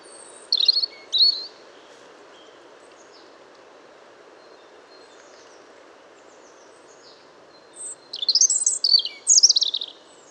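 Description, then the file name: European robin singing: two short high sparkling phrases near the start, then a longer jumbled run of thin whistles and trills after a long pause, with low steady background noise. "Erithacus rubecula"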